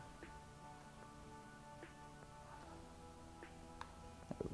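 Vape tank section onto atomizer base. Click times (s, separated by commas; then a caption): 3.8 s, 4.3 s, 4.4 s. The glass tank section of a Wismec Cylin RTA is turned onto the RTA base so the notches cut into its bottom engage the protruding tabs. Over a steady tonal background, a sharp click sounds at 3.8 s, followed by two smaller clicks at 4.3 s and 4.4 s. The tank clicks into place and is seated.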